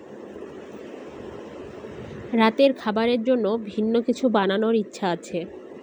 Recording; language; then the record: elicited speech; Bengali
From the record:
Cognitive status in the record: cognitively healthy